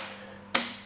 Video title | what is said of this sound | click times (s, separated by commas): Honest Unbox & Review - Babyliss Black FX one clipper | Pops right in so | 0.5 s